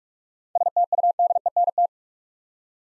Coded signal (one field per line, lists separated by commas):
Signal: Morse code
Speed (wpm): 46 wpm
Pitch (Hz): 700 Hz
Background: none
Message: STUDENT